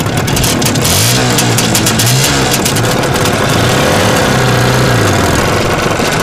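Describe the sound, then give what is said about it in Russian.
A sidecar motorcycle engine runs loudly and steadily, its low throbbing tone rising and falling as it revs and pulls away with a passenger in the sidecar and a young man at the handlebars, with a rough rattling texture throughout and no voices. “Сидит в коляске заведенного мотоцикла.”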